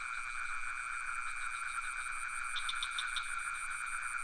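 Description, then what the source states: Crickets trilling steadily in several high continuous bands, with a brief burst of quick clicking calls after the midpoint. Recorded near a pond in Ubud with some frogs; Sony PCM D50 recorder, Rode NT4 microphone.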